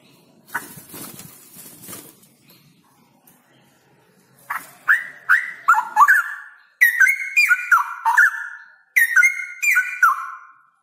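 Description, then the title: Straw-headed bulbul song: loud bubbling phrases of rich downslurred and rolling whistles come in three bursts, each a second or more long, separated by brief pauses. Male, in full active voice, loud with long rolling trills. "Cucak ROWO Jantan GACOR Suara Lantang ROoo EL Panjang"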